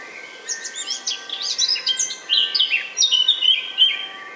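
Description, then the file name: Eurasian blackcap warbling: quick, varied twitters building into clearer whistled notes, with a faint steady tone in the background. "Sylvia atricapilla"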